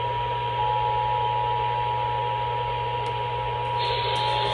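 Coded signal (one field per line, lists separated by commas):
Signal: Emergency Alert System (SAME) tones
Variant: 853 and 960 Hz attention tone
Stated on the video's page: EAS alerts received on NOAA Weather Radio.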